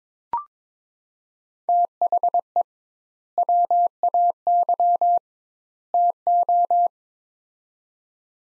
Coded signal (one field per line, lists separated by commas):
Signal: Morse code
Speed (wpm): 21 wpm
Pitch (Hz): 700 Hz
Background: none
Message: THE WAY TO